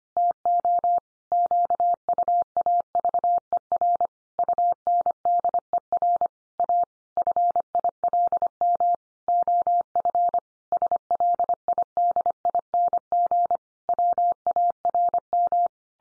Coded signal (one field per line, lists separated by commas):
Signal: Morse code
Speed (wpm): 25 wpm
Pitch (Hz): 700 Hz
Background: none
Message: TO QUAVER UNDER A FILM OF SLIDING WARM